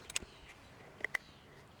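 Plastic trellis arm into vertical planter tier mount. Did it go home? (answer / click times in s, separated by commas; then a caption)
yes / 1.1 s, 1.2 s. A curved plastic trellis arm is pressed onto its mount on a plastic GreenStalk vertical planter tier. A few faint ticks at about 0.1–0.2 s are followed by two sharp, bright clicks at 1.1 s and 1.2 s as the arm locks into place. The trellis arm ends up seated and locked on the tier.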